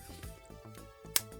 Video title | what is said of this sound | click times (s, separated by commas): Deformation Iron Commander Oversize Earthrise OPTIMUS PRIME Review! "That's Just Prime!" Ep. 224! | snaps into place when you close it, which is really, really nice. | 1.2 s